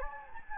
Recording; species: mosquito wingbeat signal from an infrared sensor; Anopheles gambiae